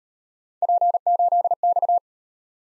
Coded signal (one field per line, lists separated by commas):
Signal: Morse code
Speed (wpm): 38 wpm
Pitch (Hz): 700 Hz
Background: none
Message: P8X